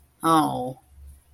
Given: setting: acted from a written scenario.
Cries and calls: vocal sound without words; shame

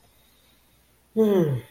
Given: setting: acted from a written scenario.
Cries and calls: vocal sound without words; relief

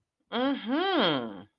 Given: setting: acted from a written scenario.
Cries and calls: vocal sound without words; interest

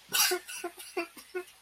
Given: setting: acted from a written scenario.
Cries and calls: vocal sound without words; sadness

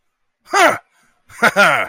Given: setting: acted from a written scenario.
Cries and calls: vocal sound without words; pride

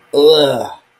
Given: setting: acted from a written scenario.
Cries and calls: vocal sound without words; disgust

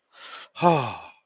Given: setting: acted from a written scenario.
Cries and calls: vocal sound without words; relief

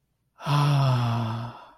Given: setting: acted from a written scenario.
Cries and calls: vocal sound without words; ecstasy

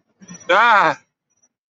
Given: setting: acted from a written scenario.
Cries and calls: vocal sound without words; fear

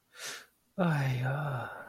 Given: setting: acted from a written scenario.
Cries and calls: vocal sound without words; sympathy

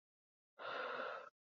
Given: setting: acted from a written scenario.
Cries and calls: vocal sound without words; relief

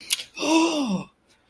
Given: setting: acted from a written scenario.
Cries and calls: vocal sound without words; negative surprise

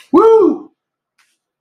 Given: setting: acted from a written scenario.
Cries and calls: vocal sound without words; triumph

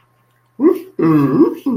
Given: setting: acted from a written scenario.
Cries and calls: vocal sound without words; interest

